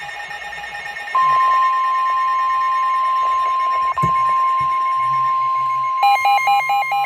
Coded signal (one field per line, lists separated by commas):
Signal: Emergency Alert System (SAME) tones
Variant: 1050 Hz attention tone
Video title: EAS Special Marine Warning on NOAA Radios (7/22/2022) EAS #141